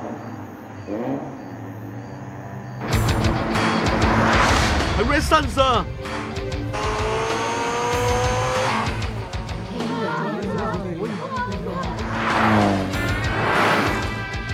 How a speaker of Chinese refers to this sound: 啊，有好多架车嚟紧、啊， 我听到混杂住旋转引擎嘅声、啊。